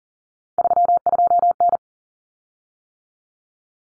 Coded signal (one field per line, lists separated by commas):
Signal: Morse code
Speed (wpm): 40 wpm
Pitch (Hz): 700 Hz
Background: none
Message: 32N